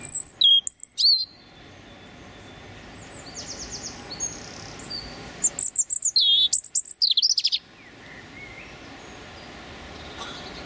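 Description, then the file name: European robin song in two bursts of thin, high trills and sliding whistles, with quieter chirps from other birds filling the pause between them. Male singing his territorial song. "European Robin Erithacus rubecula male singing his territorial song"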